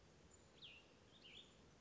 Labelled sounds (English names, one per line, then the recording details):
Cassin's Vireo
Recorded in Sonoma County, California